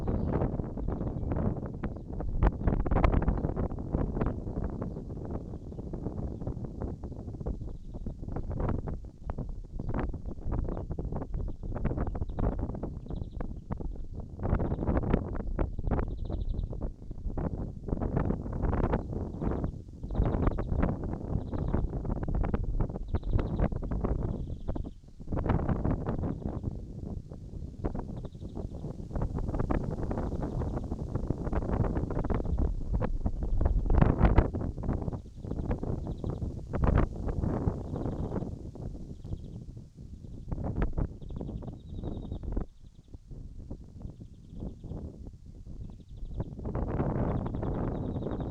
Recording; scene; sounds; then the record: everyday scene through a hearing-aid microphone; wind on the microphone; wind, birds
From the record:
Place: in front of a rural house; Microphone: in the ear canal, right